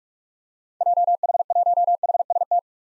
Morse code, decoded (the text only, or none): JH1HST